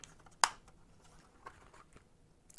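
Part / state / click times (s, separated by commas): visor pivot outer plate into helmet side base plate / seated / 0.4 s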